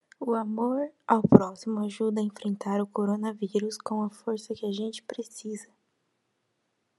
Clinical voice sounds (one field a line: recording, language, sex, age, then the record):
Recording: spoken sentence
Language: Brazilian Portuguese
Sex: female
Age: 18 to 19 years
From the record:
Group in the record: control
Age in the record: 18 years